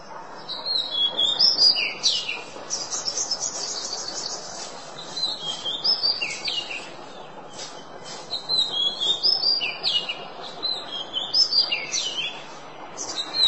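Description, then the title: Oriental magpie-robin pouring out varied whistled phrases, quick trills and scratchy notes in several bursts, over steady background hiss. "Kacer"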